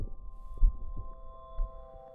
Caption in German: Patientin wünscht sich, dass ihr Herzgeräusch archiviert wird. Jetzt und nach einer Herzoperation, die vielleicht irgendwann notwendig wird. Elektronische Stethoskop.